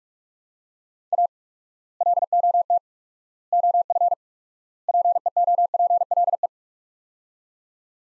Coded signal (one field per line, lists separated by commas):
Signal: Morse code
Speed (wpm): 46 wpm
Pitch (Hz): 700 Hz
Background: none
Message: A LOT OF PEOPLE